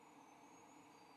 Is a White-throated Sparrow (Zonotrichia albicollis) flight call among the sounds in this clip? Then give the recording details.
no. No flight call is heard. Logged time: 04:54 on 29 November 2014